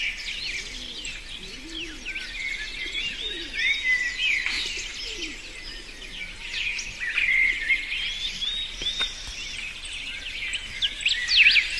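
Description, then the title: Busy chorus of birds, rapid chirps and whistled phrases tumbling over one another, with steady high-pitched background noise. Forest setting. "森林鸟鸣声"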